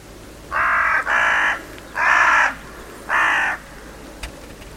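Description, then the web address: Bird calls, four rough cawing notes; the first two run almost together, then two more spaced apart, with a faint click near the end. "Deverinetal 2025. Bird Only"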